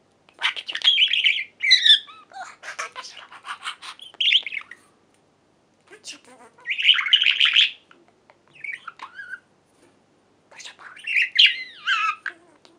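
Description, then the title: Budgerigar warble of rapid scratchy chirps and clicks in several bursts, with brief pauses between them. "Budgie Sounds"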